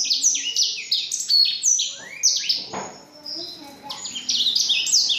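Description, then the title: Black-throated canary singing a quick run of high sweeping notes and trills, dropping to a quieter passage midway before the warbling resumes strongly. Exceptional black-throated canary from Jombang. "Burung blackthroat Istimewa dari Jombang"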